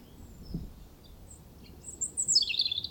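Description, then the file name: European robin giving one brief, high twittering phrase near the end after a second of near silence with a faint low thump. "Erithacus rubecula"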